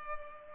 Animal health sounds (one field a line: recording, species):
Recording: mosquito wingbeat signal from an infrared sensor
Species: Culex pipiens